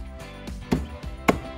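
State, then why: Seated. The second plastic side mirror is pressed into its mounting hole on a Lamborghini Aventador SVJ ride-on toy car while music plays in the background. A softer knock comes at 0.7 s, then a sharp click at 1.3 s as the mirror snaps in and seats, good to go.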